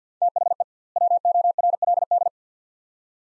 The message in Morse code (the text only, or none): THE WORLD